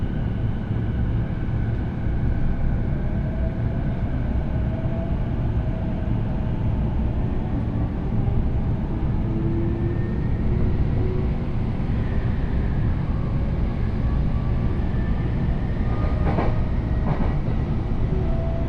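A Joban Line local train rides with a steady low rumble and faint whines, with brief metallic clicks near sixteen and seventeen seconds.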